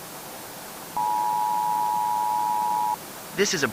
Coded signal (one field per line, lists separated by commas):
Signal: Emergency Alert System (SAME) tones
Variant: 853 and 960 Hz attention tone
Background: speech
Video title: EAS Ecenario - El virus You are an idiot volvió